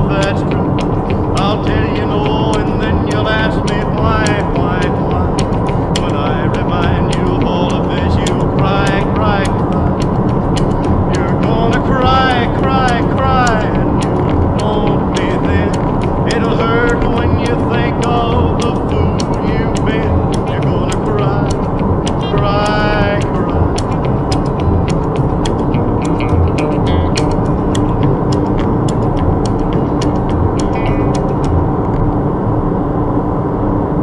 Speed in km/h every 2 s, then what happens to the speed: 78, 79, 81, 83, 84, 84, 85, 85, 84, 83, 80, 80, 77, 77, 77, 77, 77.
0-15 steady at about 83. 15-25 slows to 77. 25-34 steady at about 77.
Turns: none.